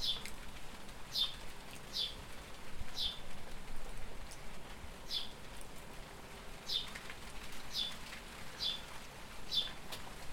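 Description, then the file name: House sparrow chirps, short notes repeated at roughly one-second intervals with a short pause midway, low rumble underneath. "Passer domesticus"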